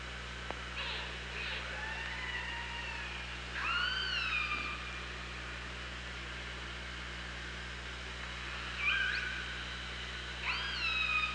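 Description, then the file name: Orca calls: pulsed buzzy bursts followed by several tonal calls with harmonics, over hissing underwater background and low hum. OrcaLab hydrophone, 24 August 2017, at about 07:56. "Orca Lab UTLN JASON 20170824 075621"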